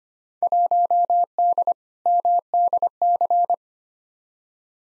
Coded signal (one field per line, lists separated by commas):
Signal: Morse code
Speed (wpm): 25 wpm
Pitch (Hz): 700 Hz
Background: none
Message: 1D MDC